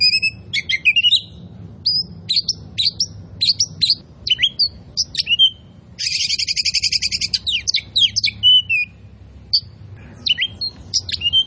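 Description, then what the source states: Oriental magpie-robin singing rapid whistles and chirps, a prolonged buzzy rattle in the middle, then more bright whistled phrases. Indonesian name kacer poci; described as gacor, singing actively and constantly.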